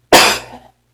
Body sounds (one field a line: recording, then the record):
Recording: coughing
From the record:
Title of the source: 61 morning phlegmy cough...again